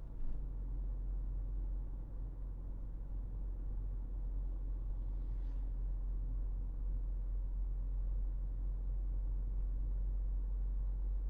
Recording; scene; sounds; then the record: everyday scene through a hearing-aid microphone; in a vehicle; engine, highway driving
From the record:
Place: Berlingo II, diesel engine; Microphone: behind the ear, right, rear